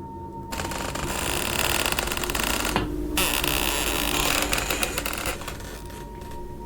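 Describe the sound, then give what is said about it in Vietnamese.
A wooden door creaks open at night as its latch is pushed, in a long, grinding, rattly groan that stutters with rapid stick-slip pulses, briefly breaking off midway before dragging on again with no voices. “Tiếng cánh cửa gỗ rít lên kèn kẹt giữa đêm làm cho lão rùng mình.”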